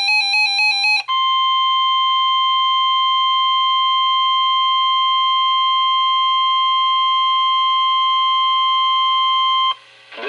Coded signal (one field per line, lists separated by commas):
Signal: Emergency Alert System (SAME) tones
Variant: 1050 Hz attention tone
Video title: (EAS #834) Required Weekly Test On KIH38 From 10/25/2023